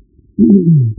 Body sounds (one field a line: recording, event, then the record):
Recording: neck accelerometer signal played as sound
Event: no cough (speech, laughter, throat clearing or background)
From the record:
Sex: female